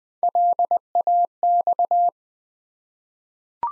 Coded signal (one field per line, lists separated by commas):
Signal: Morse code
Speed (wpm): 20 wpm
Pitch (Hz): 700 Hz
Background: none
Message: LAX